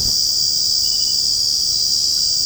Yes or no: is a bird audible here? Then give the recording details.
no. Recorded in secondary vegetation near Puerto Asís, Putumayo, Colombia, on 18 February 2024 at 01:00. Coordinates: 0.489, -76.322. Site G6419